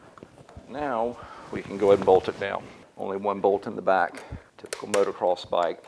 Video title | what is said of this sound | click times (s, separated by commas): Crashed YZ450F Motorcycle Repairs: Fuel Pump, Stator - Partzilla.com | Push it until you hear that click and then you're good to go. | 0.2 s